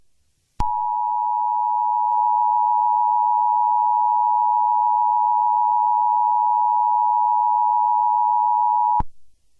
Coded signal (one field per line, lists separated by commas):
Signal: Emergency Alert System (SAME) tones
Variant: 853 and 960 Hz attention tone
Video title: AMETHYST TWISTER | An EAS Scenario